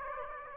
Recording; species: mosquito wingbeat signal from an infrared sensor; Aedes aegypti